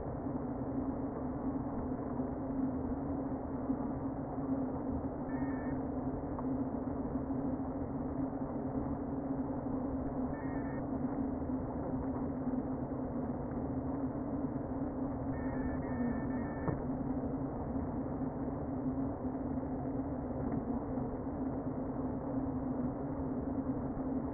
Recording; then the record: honeybee colony, microphone inside the hive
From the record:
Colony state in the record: queen present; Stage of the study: before two queens were removed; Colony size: about 60,000 bees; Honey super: yes